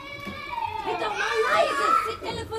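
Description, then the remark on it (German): A lively jumble of children's voices shouting and chattering over each other, with high-pitched squeals and calls rising and falling throughout the short, busy stretch. “Kinder, seid mal ruhig!”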